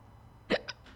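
A single abrupt, voiced gulp cuts through a quiet background, followed a moment later by a softer catch. It is an ordinary hiccup in an adult, a brief involuntary spasm of the diaphragm that snaps the vocal cords shut.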